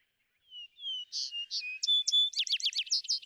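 Vesper sparrow song opening with soft whistles, followed by louder buzzy and clipped notes, then a quick run of sharp, down-slurred notes.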